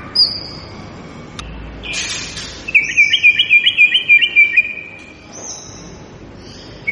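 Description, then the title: White-rumped shama song: high thin whistles, a short buzzy burst, then a fast bubbling trill of evenly repeated notes, fading to soft whistles. Lure recording meant to draw a response from birds; singer described as gacor, lively and singing constantly. "PANCINGAN MEWAH MURAI BATU GACOR"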